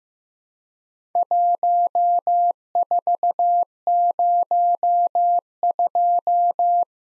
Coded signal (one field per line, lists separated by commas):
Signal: Morse code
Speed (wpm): 15 wpm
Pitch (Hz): 700 Hz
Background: none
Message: 1402